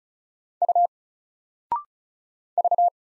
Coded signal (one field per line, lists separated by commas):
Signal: Morse code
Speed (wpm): 36 wpm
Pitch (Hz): 700 Hz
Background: none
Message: U V